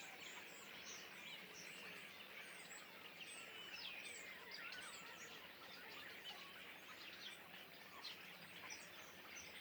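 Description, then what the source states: Common starling flock calling together, many high chirps, rattles and slurred whistles overlapping continuously for the whole stretch, with no single bird standing out. Flock perched in trees beside the Louroux pond, Le Louroux, Loches, Indre-et-Loire, Centre-Val de Loire, France; recorded with Sennheiser MKH8020 ORTF stereo pair, Rycote, Sound Devices MixPre6 II.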